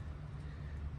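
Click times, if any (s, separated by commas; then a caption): none. An end of a plastic/rubber air intake hose is handled at its intake fitting on a car engine. A steady low rumble and broadband noise run through the whole second with no distinct transient, and nothing has seated or clicked yet.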